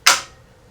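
An aluminum-backed LED strip board is pressed down by the board, not the diodes, through a tight spot into the slot of an aluminum extrusion frame. A single sharp click sounds at 0.1 s and rings off quickly. The board drops fully into the slot and is seated.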